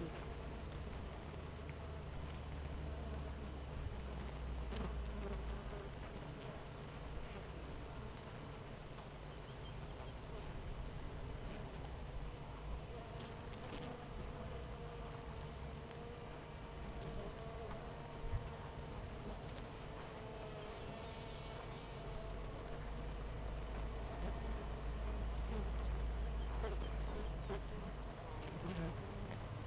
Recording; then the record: honeybee colony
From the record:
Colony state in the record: missing queen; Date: 14 July 2017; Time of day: 8:38